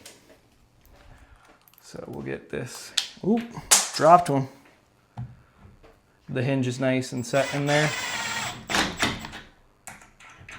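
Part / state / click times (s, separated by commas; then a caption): door latch into door frame strike plate / seated / 9.9 s. A door latch on a solid-core wooden door catches in the strike plate of the door frame after the hinge has been reset. Someone talks, then the latch clicks shut at 9.9 seconds, and the door is seated.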